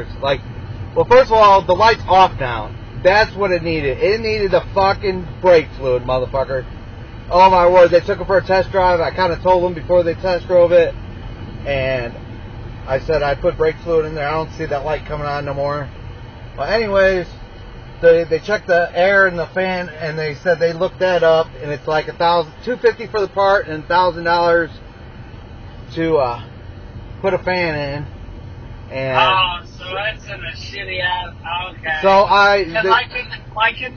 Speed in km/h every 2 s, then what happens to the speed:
39, 37, 37, 35, 37, 39, 37, 32, 26, 21, 15, 18, 26, 31, 31, 27, 24.
0-11 steady at about 37. 11-20 slows to 15. 20-26 speeds up to 31. 26-34 slows to 24.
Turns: 18-23.